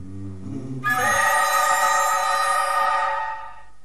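A loud, continuous telephone bell rings for about two and a half seconds, bright and metallic with a steady buzzing tone, after a brief low hum at the start.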